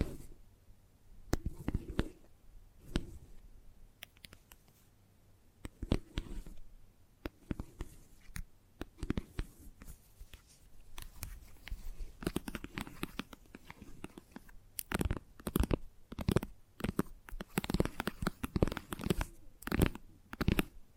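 Gentle tapping in irregular bursts with soft scratchy rustles between, growing denser and crisper after about fifteen seconds with quick clustered taps.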